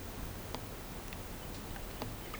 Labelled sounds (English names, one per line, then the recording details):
none
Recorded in pastures near Puerto Asís, Putumayo, Colombia, on 19 March 2025 at 10:00
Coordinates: 0.472, -76.329
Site G074